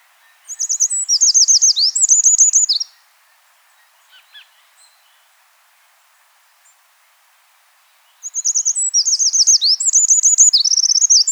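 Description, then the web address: Eurasian wren giving two energetic high trilling song bursts separated by a quiet pause of about five seconds, the second burst running to the end. "chant xeno-canto troglodyte mignon"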